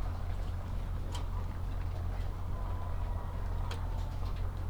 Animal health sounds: poultry house recording; sick chickens (respiratory disease)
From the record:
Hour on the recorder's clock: 7

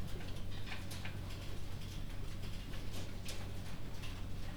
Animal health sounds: poultry house recording; no chicken sound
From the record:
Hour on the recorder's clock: 3

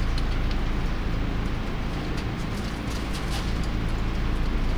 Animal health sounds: poultry house recording; no chicken sound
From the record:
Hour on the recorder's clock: 0

